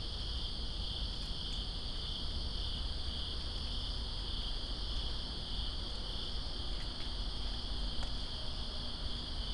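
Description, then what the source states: Crickets give a nonstop shrill trill while rain falls heavily below, with a few clicking drops audible. Crickets in rain, Greensboro, 2 September 2017.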